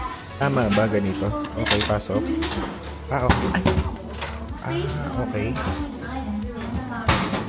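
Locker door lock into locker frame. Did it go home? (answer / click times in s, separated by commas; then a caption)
yes / 7.1 s. A locker door lock is pushed into the locker frame as the locker is closed and locked, while someone talks throughout over faint background music. A single sharp hit at 7.1 s marks the lock latching shut, and it is confirmed locked.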